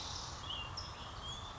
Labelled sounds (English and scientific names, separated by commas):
California Towhee (Melozone crissalis)